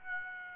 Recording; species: mosquito wingbeat signal from an infrared sensor; Aedes aegypti